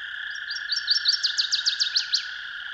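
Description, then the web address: Northern waterthrush song, a brisk sequence of clear high notes ending in strong downward-sweeping phrases, heard over an even background drone. "Dan Gibson's Solitudes Songbirds. Northern Waterthrush"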